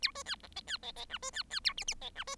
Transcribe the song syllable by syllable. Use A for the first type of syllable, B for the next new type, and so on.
A B C D E C E E F B C C A G G E F B